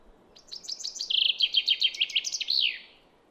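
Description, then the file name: Common chaffinch song: a fast descending series of bright trilled notes, slowing into a second phrase and ending in a downward flourish, lasting about two and a half seconds. "Fringilla coelebs"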